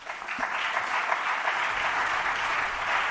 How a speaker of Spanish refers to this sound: Escuchamos los primeros aplausos de esa intervención del socialista Salvador Illa. Ha empezado el pleno de investidura sin Puigdemont en el hemiciclo.